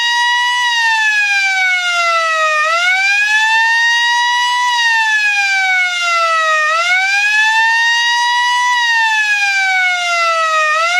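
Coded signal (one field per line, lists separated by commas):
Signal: siren signal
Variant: Sterling F2 electronic siren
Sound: loud electronic siren tone repeatedly rising slowly then dropping abruptly, about every four seconds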